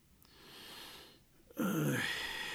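Strained, raspy breathing builds for a moment, then breaks into a sudden loud sputtering cough and a wheezing gasp for air with a tight, wavering pitch, as a person lying on cold, hard concrete coughs and spits sticky, viscous liquid from mouth and nose. No one speaks.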